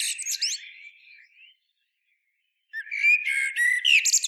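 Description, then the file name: Common blackbird song: a warbled phrase of fluty notes with high squeaky twitters fades out, then after a short pause another phrase starts, rich and twittering. "Turdus merula"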